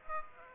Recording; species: mosquito wingbeat signal from an infrared sensor; Aedes aegypti